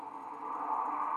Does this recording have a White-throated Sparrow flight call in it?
no